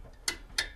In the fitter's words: we can hear the two clicks